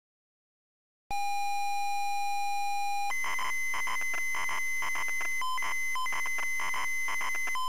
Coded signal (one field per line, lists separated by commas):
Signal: ZX Spectrum tape loading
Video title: ZX SPECTRUM Loading Fighter Pilot 1983 Digital Integration Ltd.